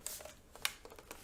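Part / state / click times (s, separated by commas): front phone cover of a cardboard-style VR headset / not seated / none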